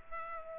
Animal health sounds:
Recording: mosquito wingbeat signal from an infrared sensor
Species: Culex pipiens

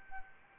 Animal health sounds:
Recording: mosquito wingbeat signal from an infrared sensor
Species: Anopheles arabiensis

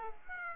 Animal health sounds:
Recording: mosquito wingbeat signal from an infrared sensor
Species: Aedes aegypti

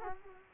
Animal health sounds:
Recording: mosquito wingbeat signal from an infrared sensor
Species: Culex quinquefasciatus

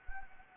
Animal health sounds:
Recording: mosquito wingbeat signal from an infrared sensor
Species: Anopheles gambiae

